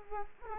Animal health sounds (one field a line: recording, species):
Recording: mosquito wingbeat signal from an infrared sensor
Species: Culex quinquefasciatus